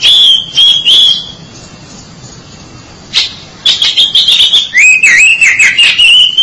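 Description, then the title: Oriental magpie-robin song: a few steady whistles, a pause, then a lively run of varied whistled notes. "Suara Kicauan Burung Kacer Durasi Panjang"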